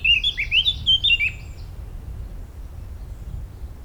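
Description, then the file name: Eurasian blackcap song, a quick burst of bright whistled notes lasting just over a second, then only a quiet background hum. "Sylvia atricapilla"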